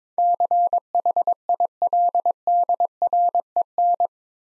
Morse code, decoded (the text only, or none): CHILDREN